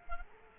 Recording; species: mosquito wingbeat signal from an infrared sensor; Culex quinquefasciatus